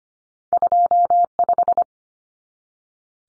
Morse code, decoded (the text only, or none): 25